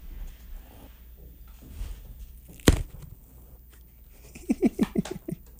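A peanut butter biscuit is snapped in half at the microphone with one sharp, crisp crack amid quiet rustling, followed a couple of seconds later by a quick run of short, slightly pitched clicks.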